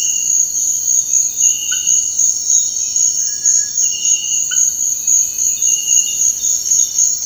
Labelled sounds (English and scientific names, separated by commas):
Cinereous Tinamou (Crypturellus cinereus)